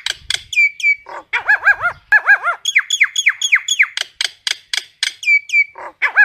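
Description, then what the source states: Common myna calls: quick arched, slurred notes mixed with sharp clicks and short whistles, repeated in a lively, chattering rhythm. Calling the flock.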